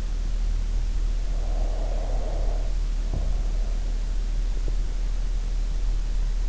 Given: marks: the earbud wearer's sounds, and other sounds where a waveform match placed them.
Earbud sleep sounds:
sounds in sleep by an in-ear microphone; breath
1.23-4.12 s: breath

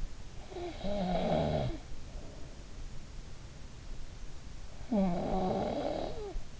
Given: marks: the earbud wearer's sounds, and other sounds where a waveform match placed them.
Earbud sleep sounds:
sounds in sleep by an in-ear microphone; snoring breath
0.44-2.55 s: snoring breath
4.87-6.60 s: snoring breath

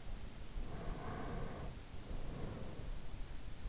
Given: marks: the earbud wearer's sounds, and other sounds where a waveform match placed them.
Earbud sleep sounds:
sounds in sleep by an in-ear microphone; breath
0.32-3.01 s: breath

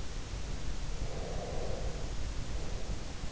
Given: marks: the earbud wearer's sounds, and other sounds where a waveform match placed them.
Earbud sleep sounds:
sounds in sleep by an in-ear microphone; breath
1.11-3.32 s: breath

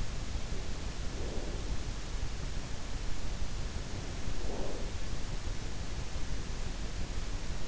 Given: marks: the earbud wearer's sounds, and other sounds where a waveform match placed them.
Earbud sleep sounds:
sounds in sleep by an in-ear microphone; breath
0.15-2.11 s: sound from someone else or the room
0.81-2.11 s: breath
4.07-5.26 s: breath

